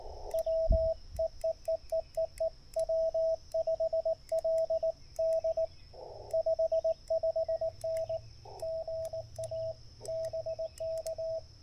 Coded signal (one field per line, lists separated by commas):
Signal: Morse code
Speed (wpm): 19 wpm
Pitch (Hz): 650 Hz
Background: radio noise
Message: W EEEEEE W5LD 55N GA BK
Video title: #POTA Spring 2024 Support Your Parks CW Activation and CaHRtenna Poseidon review